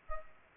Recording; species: mosquito wingbeat signal from an infrared sensor; Culex pipiens